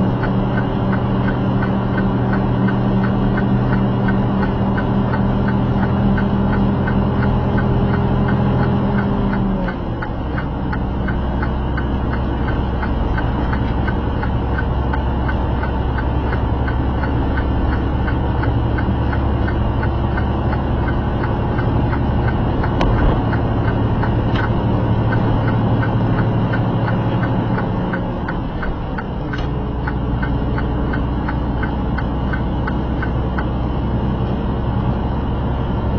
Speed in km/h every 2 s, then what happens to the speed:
68, 68, 69, 71, 69, 69, 69, 71, 72, 74, 76, 79, 81, 82, 81, 82, 85, 87.
0-12 steady at about 69. 12-36 speeds up to 87.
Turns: none.